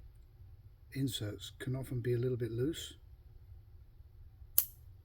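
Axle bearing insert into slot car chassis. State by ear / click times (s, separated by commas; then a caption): seated / 4.6 s. Someone talks, then a plastic axle bearing insert, which is often a bit loose, is pushed into a slot car chassis. A single sharp click is heard at 4.6 s as the insert seats in the chassis.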